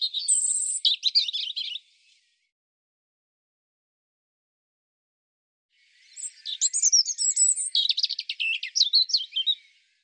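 European robin song: a short phrase opening with a sharp high whistle and twitter, then silence, then a longer jumbled warble of fast trills and squeaky notes.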